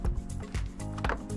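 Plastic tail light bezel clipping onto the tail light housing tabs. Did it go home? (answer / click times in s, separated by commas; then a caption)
yes / 1.0 s, 1.1 s. A gloss black plastic tail light bezel is lined up with the small tabs on the tail light housing and pushed in. Over a steady low tonal hum and a few soft knocks, its clips give two sharp clicks at 1.0 and 1.1 seconds as the bezel seats in place.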